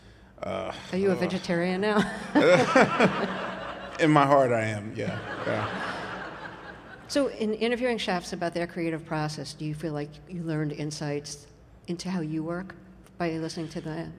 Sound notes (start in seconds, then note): 1.8 laughter; 4.9 laughter